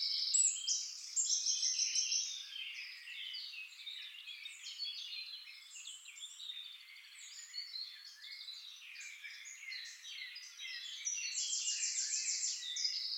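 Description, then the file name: Eurasian wren, a long burst of rapid, high-pitched chattering notes and trills tumbling one after another, with a bright buzzy trill near the start and another near the end. "Troglodytes troglodytes"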